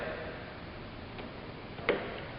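A communication (network) cable plug, its end labeled number two, is pushed into the port of cash register number two. Over faint background noise, a single sharp click sounds at 1.9 s, confirming the connector has seated and the cable is secure.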